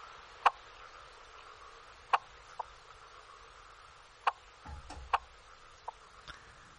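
Frog calls, short sharp clicking knocks given singly at irregular intervals of under half a second to nearly two seconds, over a faint steady background hum.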